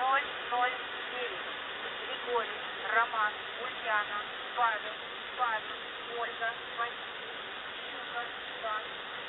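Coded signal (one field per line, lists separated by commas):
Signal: coded military voice message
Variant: Russian, Squeaky Wheel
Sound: faint clipped male voice reading short words one by one through steady radio hiss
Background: radio static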